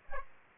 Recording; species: mosquito wingbeat signal from an infrared sensor; Aedes aegypti